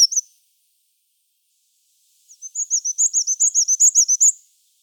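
Black-and-white warbler song: a couple of brief high notes, then a quick run of about a dozen thin, squeaky, very high two-part notes, in otherwise quiet surroundings.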